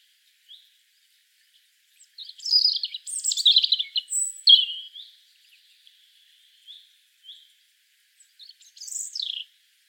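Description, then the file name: European robin singing a liquid warbled phrase with high piping whistles, then scattered quiet notes and a final falling whistle. "Erithacus rubecula"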